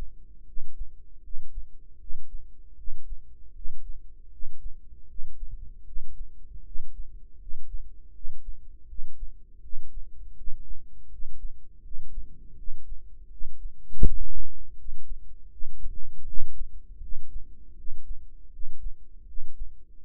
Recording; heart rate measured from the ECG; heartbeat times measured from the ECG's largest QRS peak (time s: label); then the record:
heart sounds by microphone in the right ear; 80 bpm
0.44 s: heartbeat
1.21 s: heartbeat
1.97 s: heartbeat
2.75 s: heartbeat
3.52 s: heartbeat
4.29 s: heartbeat
5.06 s: heartbeat
5.84 s: heartbeat
6.63 s: heartbeat
7.37 s: heartbeat
8.12 s: heartbeat
8.86 s: heartbeat
9.60 s: heartbeat
10.35 s: heartbeat
11.09 s: heartbeat
11.81 s: heartbeat
12.55 s: heartbeat
13.28 s: heartbeat
14.02 s: heartbeat
14.75 s: heartbeat
15.49 s: heartbeat
16.24 s: heartbeat
16.99 s: heartbeat
17.74 s: heartbeat
18.49 s: heartbeat
19.24 s: heartbeat
20.01 s: heartbeat
From the record:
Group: healthy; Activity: cold pressor test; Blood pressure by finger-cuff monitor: 120/78 mmHg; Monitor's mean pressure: 86 mmHg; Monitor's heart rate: 80 bpm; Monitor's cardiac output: 6.3 L/min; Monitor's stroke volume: 80 mL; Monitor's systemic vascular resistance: 990 dyn s/cm5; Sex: male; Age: 35 years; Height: 180 cm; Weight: 86.9 kg